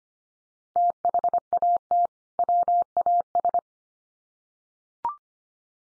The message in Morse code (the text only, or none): THAT WAS